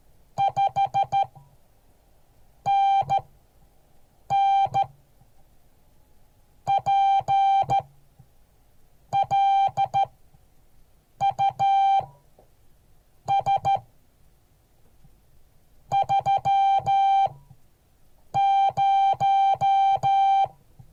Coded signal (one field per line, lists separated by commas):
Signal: Morse code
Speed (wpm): 13 wpm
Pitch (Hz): 790 Hz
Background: music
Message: 5NN PLUS 30